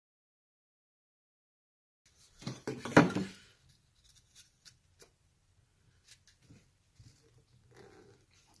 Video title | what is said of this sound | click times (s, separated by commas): Sash Building / Sash Planes | you so the million just pops right in so | 3.0 s